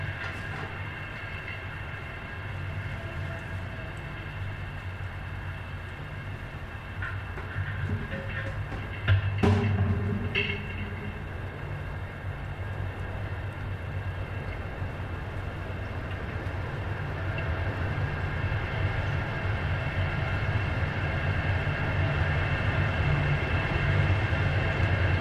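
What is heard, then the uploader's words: A city sound walk played through a transducer and an antique gasoline can, giving a steady, boxy rumble with ringing metallic tones. Around nine to ten seconds a sharp clank and brief squeal cut through, and the low drone swells slightly louder toward the end. An East River Park Sound Walk in New York. The sound of a single recording made while circling the park. The recording played through a transducer and an antique gasoline can.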